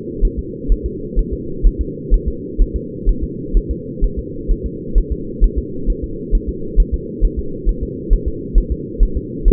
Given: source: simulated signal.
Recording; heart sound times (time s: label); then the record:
fetal heart sounds
0.25 s: S1
0.39 s: S2
0.72 s: S1
0.86 s: S2
1.19 s: S1
1.33 s: S2
1.67 s: S1
1.81 s: S2
2.14 s: S1
2.28 s: S2
2.62 s: S1
2.76 s: S2
3.09 s: S1
3.23 s: S2
3.57 s: S1
3.71 s: S2
4.04 s: S1
4.19 s: S2
4.51 s: S1
4.66 s: S2
4.98 s: S1
5.12 s: S2
5.44 s: S1
5.58 s: S2
5.90 s: S1
6.04 s: S2
6.35 s: S1
6.49 s: S2
6.80 s: S1
6.94 s: S2
7.25 s: S1
7.39 s: S2
7.69 s: S1
7.83 s: S2
8.13 s: S1
8.28 s: S2
8.58 s: S1
8.72 s: S2
9.03 s: S1
9.17 s: S2
9.48 s: S1
From the record:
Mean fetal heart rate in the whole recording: 130 bpm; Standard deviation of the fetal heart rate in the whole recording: 4 bpm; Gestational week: 38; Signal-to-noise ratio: -4.3 dB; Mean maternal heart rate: 72 bpm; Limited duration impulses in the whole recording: present